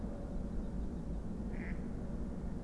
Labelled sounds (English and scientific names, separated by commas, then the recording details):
Mallard (Anas platyrhynchos)
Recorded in Germany
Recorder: ecoPi